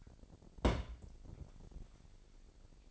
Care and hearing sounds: daily activity, microphone in the room; place on stove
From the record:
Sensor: 5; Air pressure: 1012.1 hPa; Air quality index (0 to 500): 235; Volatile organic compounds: 4 ppm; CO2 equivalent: 1564 ppm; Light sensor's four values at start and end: 44/98/42/44 and 45/101/43/45

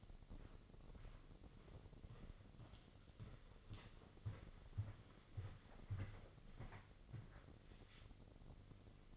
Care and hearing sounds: daily activity, microphone in the room; walk to room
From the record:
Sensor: 4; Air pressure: 996.3 hPa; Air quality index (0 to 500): 83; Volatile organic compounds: 4 ppm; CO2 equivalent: 1582 ppm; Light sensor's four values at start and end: 19/52/20/21 and 17/48/18/20

